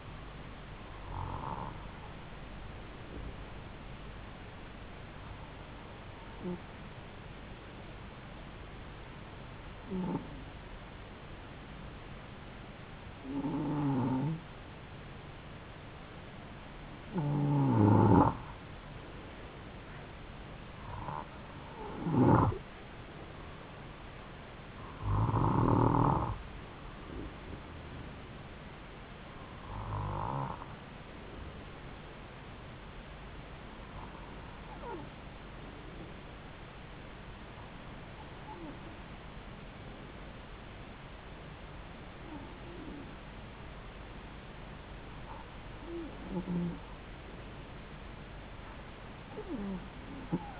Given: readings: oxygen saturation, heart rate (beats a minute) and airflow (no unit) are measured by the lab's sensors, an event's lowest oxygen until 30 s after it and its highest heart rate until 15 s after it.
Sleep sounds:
breathing in sleep by a voice recorder at the bedside; 1
4.00-19.40 s: hypopnea (N2, oxygen 94% highest, then 91% lowest, heart rate 73 at the start, 74 highest)
From the record:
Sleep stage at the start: N2 (light sleep); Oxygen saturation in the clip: 91 to 94%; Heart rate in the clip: 68 to 77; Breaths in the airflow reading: 12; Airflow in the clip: -3.8 to 3.5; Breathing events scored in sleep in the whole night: 270 in 6.1 hours asleep

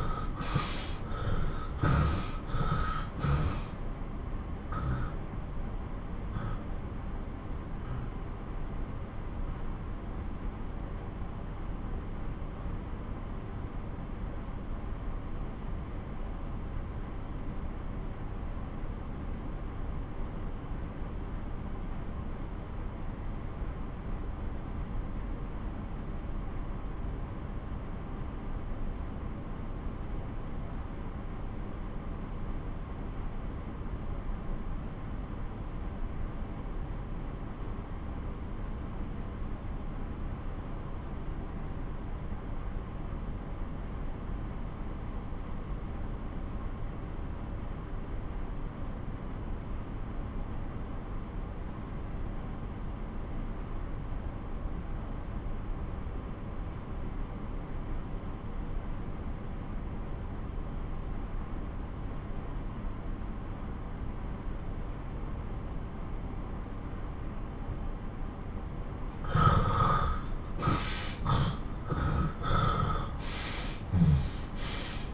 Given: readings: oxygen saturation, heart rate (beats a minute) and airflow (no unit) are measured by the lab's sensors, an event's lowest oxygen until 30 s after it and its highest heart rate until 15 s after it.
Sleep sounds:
breathing in sleep by a smartphone at the bedside; 1
7.00-64.60 s: obstructive apnea (N2, oxygen 94% highest, then 88% lowest)
57.00-75.14 s: new sleep stage, N1 (lightest sleep)
From the record:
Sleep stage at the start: N2 (light sleep); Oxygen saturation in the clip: 82 to 94%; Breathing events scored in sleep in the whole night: 217 in 6.3 hours asleep

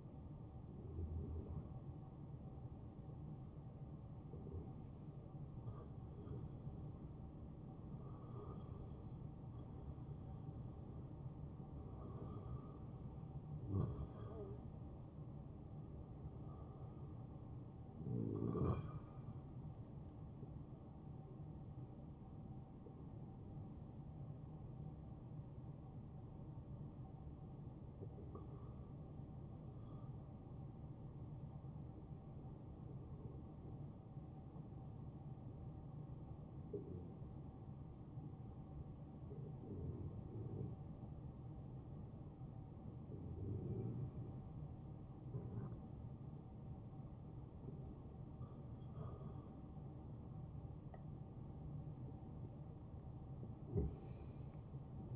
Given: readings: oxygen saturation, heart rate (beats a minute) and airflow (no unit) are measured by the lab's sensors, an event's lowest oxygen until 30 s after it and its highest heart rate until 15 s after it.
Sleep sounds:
breathing in sleep by a smartphone at the bedside; 1
32.00-50.80 s: hypopnea (N1, oxygen 93% highest, then 91% lowest, heart rate 74 at the start, 77 highest)
From the record:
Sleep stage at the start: N1 (lightest sleep); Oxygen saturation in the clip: 91 to 93%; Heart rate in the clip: 67 to 75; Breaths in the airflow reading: 10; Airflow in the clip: -9.6 to 7.8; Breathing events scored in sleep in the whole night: 263 in 5.5 hours asleep

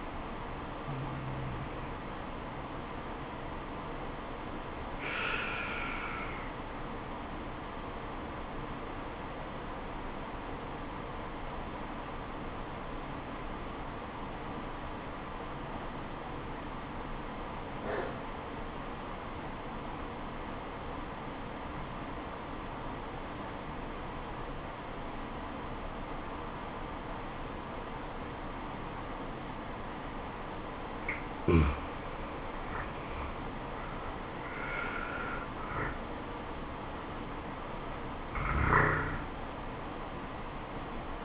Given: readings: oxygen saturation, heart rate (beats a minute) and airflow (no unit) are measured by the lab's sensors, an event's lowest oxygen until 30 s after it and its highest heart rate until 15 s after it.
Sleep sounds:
breathing in sleep by a voice recorder at the bedside; 1
10.00-31.80 s: obstructive apnea (N2, oxygen 96% highest, then 85% lowest, heart rate 74 at the start, 79 highest)
From the record:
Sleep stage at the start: N2 (light sleep); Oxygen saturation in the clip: 85 to 96%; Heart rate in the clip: 67 to 79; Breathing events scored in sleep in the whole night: 426 in 7.4 hours asleep

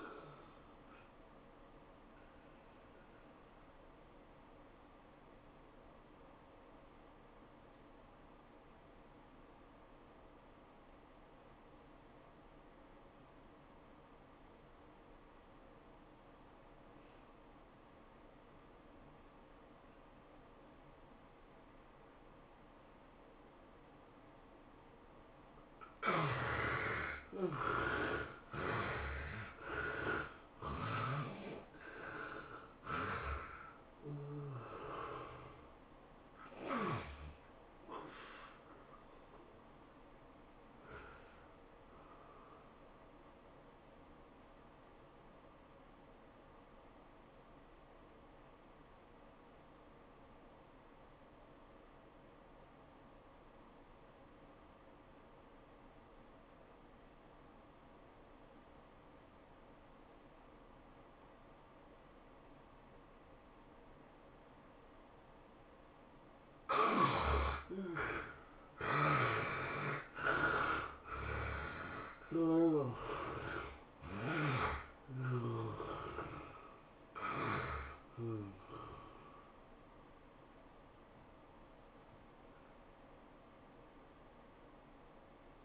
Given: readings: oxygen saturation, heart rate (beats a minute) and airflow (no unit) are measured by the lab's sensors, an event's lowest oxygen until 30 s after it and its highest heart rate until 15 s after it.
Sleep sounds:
breathing in sleep by a voice recorder at the bedside; 2
5.00-26.10 s: obstructive apnea (N1, oxygen 95% highest, then 72% lowest, heart rate 88 at the start, 106 highest)
13.00-43.00 s: new sleep stage, N2 (light sleep)
43.00-85.65 s: new sleep stage, N1 (lightest sleep)
49.00-67.50 s: obstructive apnea (N1, oxygen 97% highest, then 72% lowest, heart rate 93 at the start, 105 highest)
From the record:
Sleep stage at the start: N1 (lightest sleep); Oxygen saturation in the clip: 72 to 97%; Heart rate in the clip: 80 to 106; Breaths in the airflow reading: 13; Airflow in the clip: -12.4 to 17.7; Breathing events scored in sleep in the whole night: 403 in 5.5 hours asleep

